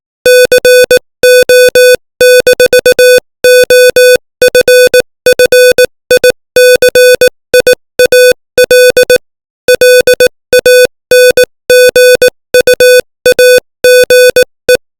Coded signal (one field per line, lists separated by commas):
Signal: Morse code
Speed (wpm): 18 wpm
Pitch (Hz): 500 Hz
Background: music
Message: CO-OFFICIAL LANGUAGE